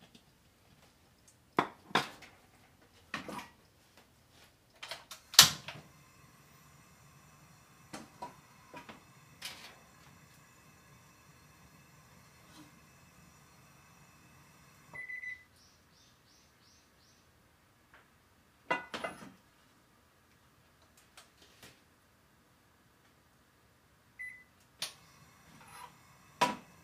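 Cooking Osaka-style cabbage-yaki: sharp clatters and knocks of utensils come irregularly over a low hum, with a brief beeping tone around fifteen seconds.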